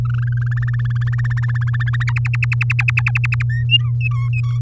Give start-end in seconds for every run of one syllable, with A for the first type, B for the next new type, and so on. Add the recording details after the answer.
0.05-0.54 A, 0.57-2.04 B, 2.07-3.42 C, 3.50-3.64 D, 3.69-4.60 E. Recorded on 7 May 2018 at 17:07. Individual llb16